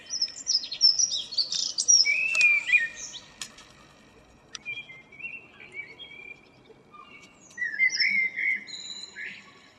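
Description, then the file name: Common blackbird song: fluted warbling phrases with high squeaky twittering, separated by quieter pauses. "Turdus merula"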